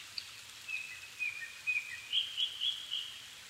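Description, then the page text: Japanese thrush song: a run of short clear whistled notes rising and falling, delivered rapidly in one phrase, with soft hiss behind. Recorded 7 May 2011 at 17:59 in the evening; Nikko, Japan; altitude 270 m; Sony PCM-D50 recorder with Panasonic WM-61A microphone. "kurotugumi 20110507-1759. Turdus cardis [Sounds -Nikko Today-]"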